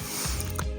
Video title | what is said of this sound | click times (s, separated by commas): OPPO F17 pro DISPLAY REPLACEMENT - HOW TO CHANGE #OPPO F17 #screen #repair | ஒரு gentle press பண்ணீங்கன்னா போதும். எல்லா சைடுமே லாக் ஆகும். ஒரு மாதிரி டக் அப்படின்னு சவுண்ட்ன்றது கேட்கும். | 0.4 s, 0.6 s